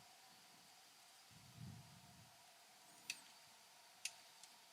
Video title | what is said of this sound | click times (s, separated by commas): Ugly Riserless Motherboard Mining Rig Build | sounds like it clicked in i really have to | 3.1 s, 4.0 s